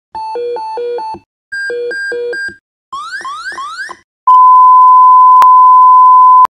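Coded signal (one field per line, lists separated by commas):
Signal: pager alert tone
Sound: two bursts of hi-lo warble, three rising whoops, then a long steady tone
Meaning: Fire department alert tones that activate pagers and alert crews to a call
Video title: NTFD fire tones e e c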